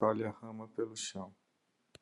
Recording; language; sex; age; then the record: short text; Brazilian Portuguese; male; 40 to 49 years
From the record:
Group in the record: control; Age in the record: 41 years